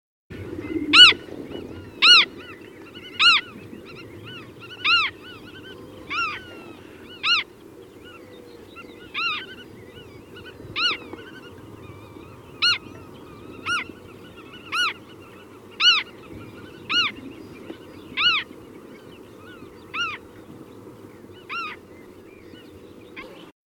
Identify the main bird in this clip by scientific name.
Limosa limosa